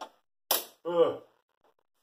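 The height-adjust latch of a Varidesk Pro Plus 36 manual dual-monitor standing desk converter engages with a sharp, bright click at 0.5 s as the converter is moved into a height setting. Someone talks right after, and the latch is seated in place.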